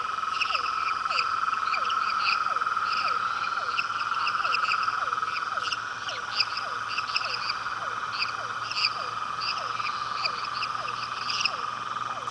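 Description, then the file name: Ornate toad calling: a long, steady, buzzy trill held at one pitch throughout. Short falling notes repeat about twice a second below it, and other chirping calls sound above. "Rhinella ornata"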